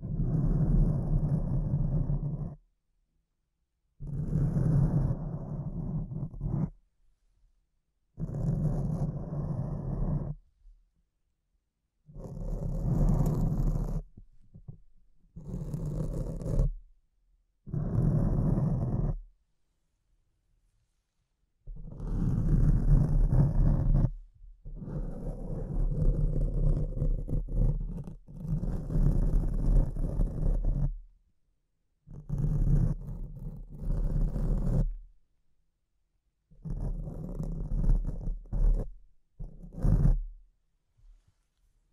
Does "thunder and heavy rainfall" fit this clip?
no